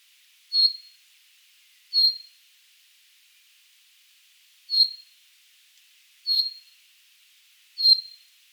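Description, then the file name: Common chaffinch giving short, sharp 'pink' call notes, five in all at uneven intervals of roughly one to three seconds, against a quiet background. "Fringilla coelebs"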